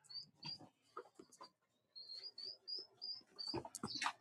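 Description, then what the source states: Chicken chicks peeping in short high notes, a run of them after a brief pause, with scattered clicks and rustling between. Young chicks kept indoors in a room of the house under a heat lamp, on a farm in Bear River, Nova Scotia; given water with apple cider vinegar, honey and garlic.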